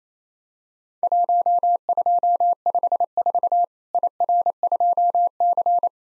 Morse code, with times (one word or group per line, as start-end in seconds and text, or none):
1.0-3.6 1254
3.9-5.9 IR2C